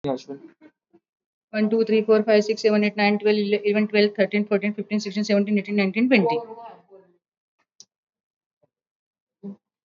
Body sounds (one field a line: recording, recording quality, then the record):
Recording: counting at a fast pace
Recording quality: excellent, no background noise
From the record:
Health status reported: exposed to COVID-19, no respiratory illness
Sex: female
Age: 57 years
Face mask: not worn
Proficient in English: yes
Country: India